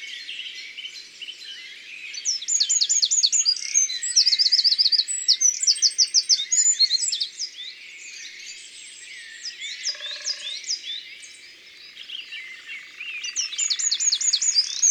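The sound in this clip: Eurasian wren song in two bursts of shrill rapid trills and repeated notes, the first lasting several seconds, the second starting near the end, with soft background twitter.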